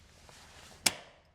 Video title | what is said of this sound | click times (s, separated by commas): Outback Tourer 1.2 X / 1.4 X Walkthrough | and then you're like oh Beauty that's locked in think again it's not locked in | 0.9 s